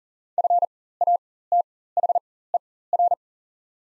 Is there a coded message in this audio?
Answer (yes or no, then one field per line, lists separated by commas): yes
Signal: Morse code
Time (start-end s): 0.4-3.1 s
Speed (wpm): 39 wpm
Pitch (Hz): 700 Hz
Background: none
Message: FATHER